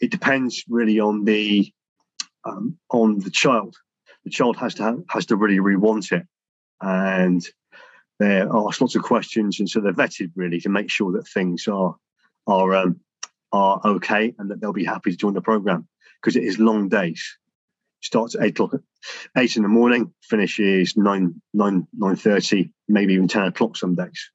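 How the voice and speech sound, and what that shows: An adult man speaks at a steady, controlled pace with mostly fluent, deliberate speech. Brief disfluencies break through: a phrase repeated ("has to, has to"), a stretched, repeated "nine", and filled pauses. A lifelong developmental stammer that began at age 4 or 5.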